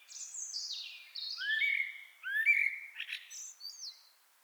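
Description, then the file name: Common blackbird song: high sliding notes flow into two rich fluted whistles, followed by sharp high twittering flourishes. "Turdus merula"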